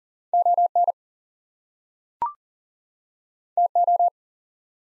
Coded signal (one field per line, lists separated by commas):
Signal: Morse code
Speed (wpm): 40 wpm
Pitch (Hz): 700 Hz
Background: none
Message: ON TO